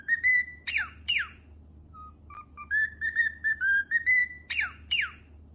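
Cockatiel giving harsh descending screeches between runs of clear whistled notes that step up and down in a short tune.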